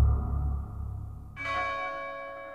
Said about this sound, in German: Ein Glockenton. Fröhlich beschwingt. Eine Glocke, die das Herz erbeben ließ.